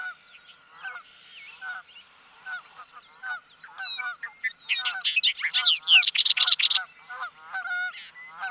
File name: Bobolink